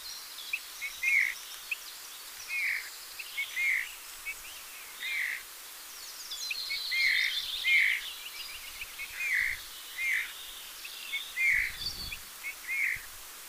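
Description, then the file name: Eurasian bullfinch calls: gentle whistled notes repeated irregularly, with other birds twittering above and soft background noise. "Pyrrhula pyrrhula"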